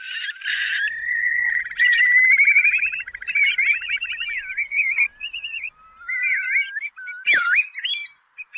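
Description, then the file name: Curlew song: a rising bubbling trill leads into looping, slurred whistles, with one sharp louder note near the end. "tieng chim moc cong bien choat mo cong re mo cong"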